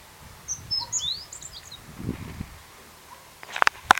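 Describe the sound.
Meadow bunting song: a quick, high, jumbled phrase of thin chirps and slurred notes in the first second and a half, followed by a few sharp clicks near the end.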